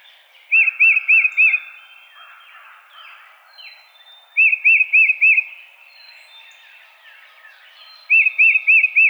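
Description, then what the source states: Tufted titmouse song, three phrases of four arched whistled notes repeated every few seconds, with softer sweeping notes between phrases. Recorded 22 March 2007.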